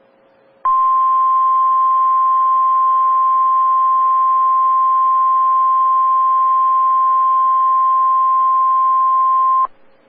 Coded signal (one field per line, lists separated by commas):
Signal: Emergency Alert System (SAME) tones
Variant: 1050 Hz attention tone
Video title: EAS 3x Iowa Required Monthly Test NWS Sioux Falls/Des Moines Required Weekly Test NOAA Weather Radio